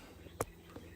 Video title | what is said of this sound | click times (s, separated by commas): Stihl - Re Threading the MS280 Spark Plug | it clicks back in. | 0.4 s